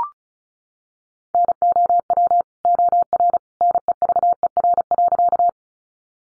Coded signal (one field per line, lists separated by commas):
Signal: Morse code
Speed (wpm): 34 wpm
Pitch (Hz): 700 Hz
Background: none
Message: NOW OR NEVER.